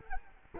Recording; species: mosquito wingbeat signal from an infrared sensor; Culex quinquefasciatus